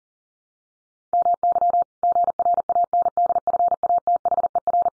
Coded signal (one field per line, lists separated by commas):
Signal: Morse code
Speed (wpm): 40 wpm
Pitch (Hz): 700 Hz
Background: none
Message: MY GRANDFATHER